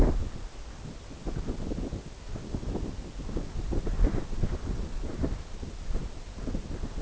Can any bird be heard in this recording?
no